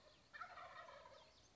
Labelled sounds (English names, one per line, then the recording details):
Wild Turkey
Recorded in Sonoma County, California